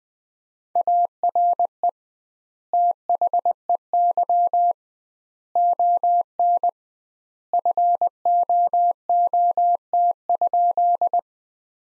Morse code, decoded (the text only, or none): ARE THEY ON FOOT?